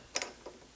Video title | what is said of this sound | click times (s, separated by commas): How to Install a Tower Retrofit Kit on a Studio Reformer® - BB Garage | hear the click right into the hole and then it slides down again | 0.2 s